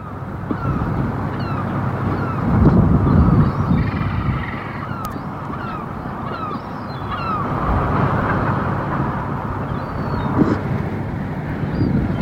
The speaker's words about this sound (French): Hiver comme été, vous avez à un certain moment de la journée une très forte tempête, ce que je pourrais appeler la fameuse tempête de Suroît, dans le genre de celle que nous subissons en ce moment, mais vous avez également de très belles éclaircies.